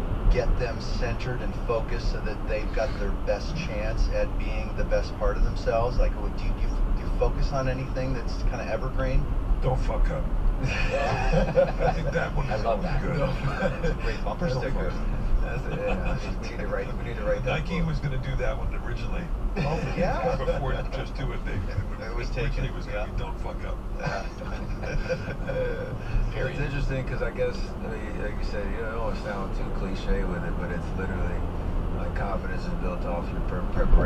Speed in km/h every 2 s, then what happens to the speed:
61, 56, 56, 56, 55, 55, 53, 52, 50, 48, 40, 34, 32, 37, 47, 55, 64.
0-24 slows to 32. 24-34 speeds up to 64.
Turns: none.